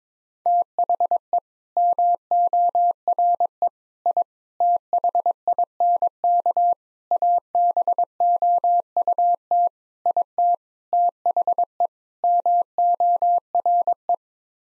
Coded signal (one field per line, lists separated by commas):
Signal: Morse code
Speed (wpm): 22 wpm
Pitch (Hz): 700 Hz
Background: none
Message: THE MORE I THINK ABOUT IT THE MORE